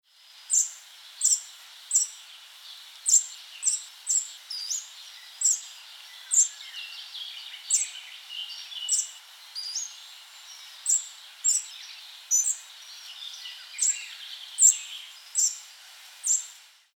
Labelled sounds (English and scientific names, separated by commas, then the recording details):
Spotted Flycatcher (Muscicapa striata)
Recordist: Tembrock, Günter
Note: Gesang